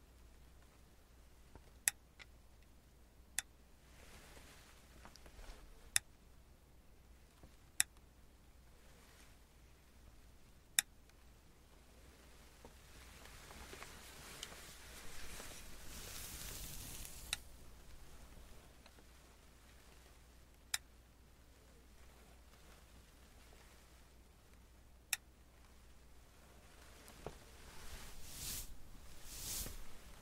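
Makeup being done, with sharp little clicks of tweezers and tools landing every few seconds over a low, steady hum. Soft rustling and brushing rise in the middle, with a louder bright swish around sixteen seconds and again near the end.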